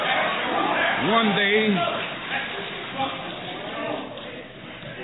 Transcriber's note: applause